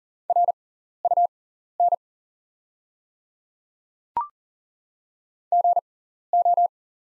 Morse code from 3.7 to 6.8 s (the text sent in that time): GO